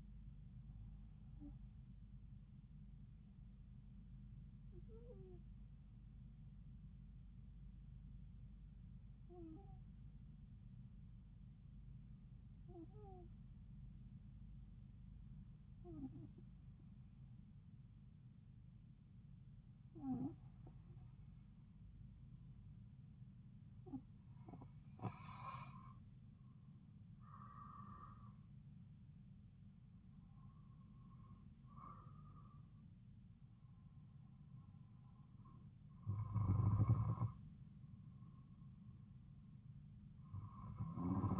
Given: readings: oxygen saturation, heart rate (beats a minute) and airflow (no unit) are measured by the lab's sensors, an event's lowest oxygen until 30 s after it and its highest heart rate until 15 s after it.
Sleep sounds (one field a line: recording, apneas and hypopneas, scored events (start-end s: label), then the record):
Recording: breathing in sleep by a smartphone at the bedside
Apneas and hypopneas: 1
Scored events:
3.00-34.80 s: hypopnea (N2, oxygen 96% highest, then 92% lowest)
From the record:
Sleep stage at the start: N2 (light sleep)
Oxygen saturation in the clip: 92 to 96%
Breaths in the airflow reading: 10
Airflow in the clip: -4.2 to 4.8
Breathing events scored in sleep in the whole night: 270 in 6.1 hours asleep